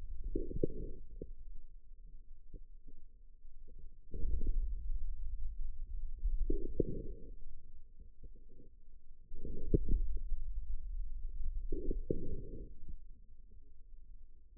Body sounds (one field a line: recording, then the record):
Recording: forearm muscle sounds (acoustic myography)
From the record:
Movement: inward rotation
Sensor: system 2, bracelet of six BSWA MPA416 microphones around the upper forearm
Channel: 4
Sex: male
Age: 22 years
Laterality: right